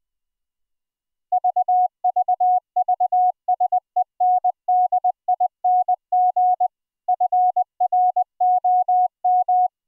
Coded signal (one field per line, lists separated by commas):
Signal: Morse code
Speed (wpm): 20 wpm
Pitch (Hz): 730 Hz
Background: none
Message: VVV SENDING FROM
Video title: Full Duplex CW MiDi Over iP QSO using Gstreamer on a Private ZeroTier network - Live DEMO